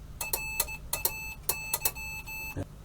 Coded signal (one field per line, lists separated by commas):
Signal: Morse code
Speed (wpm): 16 wpm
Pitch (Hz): 2600 Hz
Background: none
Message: RAY